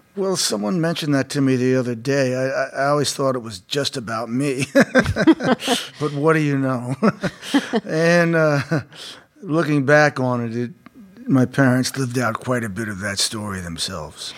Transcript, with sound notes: Well, someone mentioned that to me the other day. I always thought it was just about me (laughter). But what do you know? And looking back on it, my parents lived out quite a bit of that story themselves.